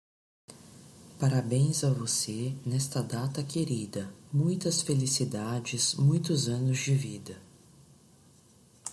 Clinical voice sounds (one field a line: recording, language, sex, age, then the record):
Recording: short text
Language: Brazilian Portuguese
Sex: female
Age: 40 to 49 years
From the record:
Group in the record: control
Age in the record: 42 years